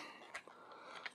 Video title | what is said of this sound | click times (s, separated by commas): MPM-3 Masterpiece Movie BUMBLEBEE: EmGo's Transformers Reviews N' Stuff | and just clip it on and it will snap into place like that | 1.1 s